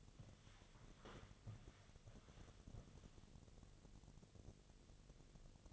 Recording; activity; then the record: daily activity, microphone in the room; walk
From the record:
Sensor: 4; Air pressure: 1001.3 hPa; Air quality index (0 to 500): 178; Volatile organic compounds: 2 ppm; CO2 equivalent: 1280 ppm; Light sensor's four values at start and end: 15/34/14/14 and 15/34/14/14